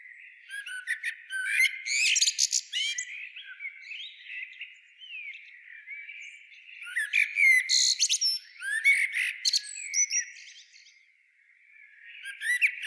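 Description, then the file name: Common blackbird with repeated bouts of shrill chirps and whistled slurs, quieter thin warbling between bouts. "Turdus merula"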